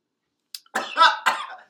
Does an on-air bong hit, has a major choking attack.